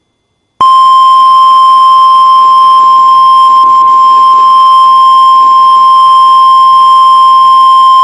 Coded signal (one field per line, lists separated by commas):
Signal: Emergency Alert System (SAME) tones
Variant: 1050 Hz attention tone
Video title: EAS 2303: EXTREME WIND WARNING for Hurricane IDA